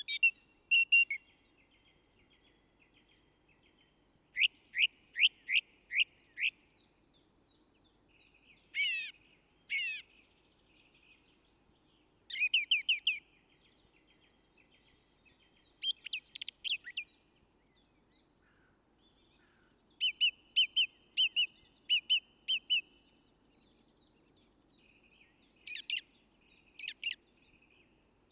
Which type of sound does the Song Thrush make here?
song